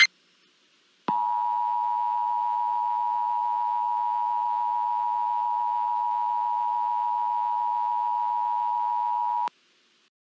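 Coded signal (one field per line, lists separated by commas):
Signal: Emergency Alert System (SAME) tones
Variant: 853 and 960 Hz attention tone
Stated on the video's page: Fictional EAS scenario about an extreme tornado, a Halloween special.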